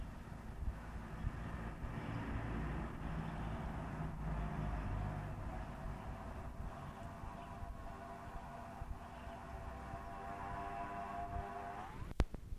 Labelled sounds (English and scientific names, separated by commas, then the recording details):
Corsac Fox (Vulpes corsac)
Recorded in captivity
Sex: male
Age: adult
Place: Zoologisches Institut der HUB, Berlin, DE
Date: 1969-01-04 11:00
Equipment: Uher 4000 Report Monitor, GDM 121
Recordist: Tembrock, Günter